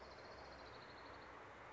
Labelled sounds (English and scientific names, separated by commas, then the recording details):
Orange-crowned Warbler (Leiothlypis celata)
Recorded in Sonoma County, California